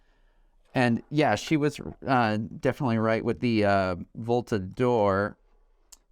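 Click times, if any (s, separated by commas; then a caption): 5.9 s. Someone talks, then removes the battery door from the battery grip holding a GoPro Hero 11 Creator Edition action camera. A single sharp, short click at 5.9 s marks the door popping off, released from the grip.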